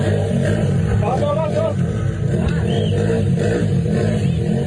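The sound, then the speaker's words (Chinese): Loud, continuous roar of several motorcycle and car engines revving with exhaust bursts, the vehicles lined up blocking a school gate, with long sustained horn blasts blaring over the top and a murmur of crowd voices underneath. “画面上放眼望去，好几台机车汽车蓄势待发，挡住校门口，全都等铁门打开那一刻，超长喇叭声没停过，加上排气管爆出阵阵喉咙巨响，挑衅意味相当浓厚。”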